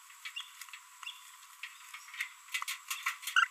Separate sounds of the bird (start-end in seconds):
3.36-3.47